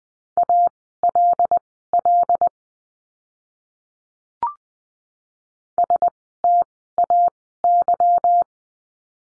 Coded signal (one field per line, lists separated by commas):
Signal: Morse code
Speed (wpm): 20 wpm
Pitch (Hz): 700 Hz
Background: none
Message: ALL STAY